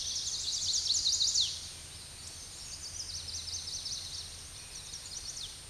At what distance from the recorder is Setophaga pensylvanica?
about 15 m